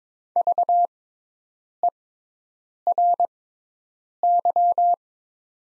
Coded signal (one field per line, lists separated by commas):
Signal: Morse code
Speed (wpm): 22 wpm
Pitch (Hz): 700 Hz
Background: none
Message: VERY